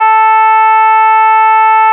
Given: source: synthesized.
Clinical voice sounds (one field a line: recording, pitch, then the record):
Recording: sustained vowel /a/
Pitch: 440 Hz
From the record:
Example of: no jitter